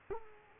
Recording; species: mosquito wingbeat signal from an infrared sensor; Culex quinquefasciatus